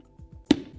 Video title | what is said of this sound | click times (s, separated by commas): iON Kamera Eğitimler - Kamera Kilit Sistemi | there and pop that in there you can hear how secure that sounds | 0.5 s